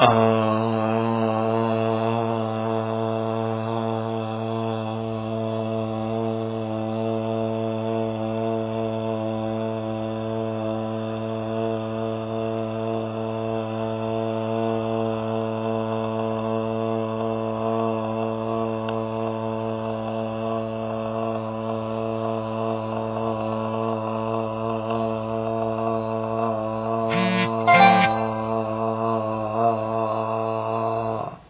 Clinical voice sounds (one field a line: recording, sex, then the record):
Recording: sustained vowel /a/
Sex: male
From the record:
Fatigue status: no fatigue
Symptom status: asymptomatic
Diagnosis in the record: COVID-19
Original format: 3gp